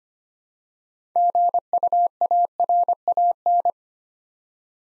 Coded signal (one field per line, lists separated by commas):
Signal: Morse code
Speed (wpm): 25 wpm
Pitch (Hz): 700 Hz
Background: none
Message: GUARAN